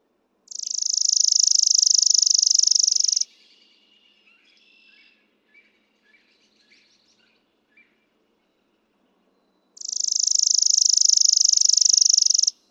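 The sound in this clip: Chipping Sparrow, two long rattling trills of high chip notes, with soft scattered twittering notes in the pause between.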